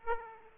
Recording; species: mosquito wingbeat signal from an infrared sensor; Aedes aegypti